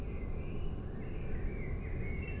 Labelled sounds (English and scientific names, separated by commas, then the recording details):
Eurasian Blue Tit (Cyanistes caeruleus)
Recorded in Germany
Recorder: ecoPi